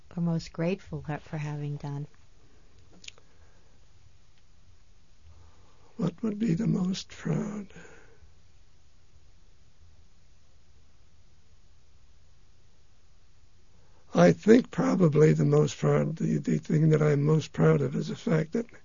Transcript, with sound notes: or most grateful for having done?
What would be the most proud? [pause] I think probably the most proud, the thing that I'm most proud of is the fact that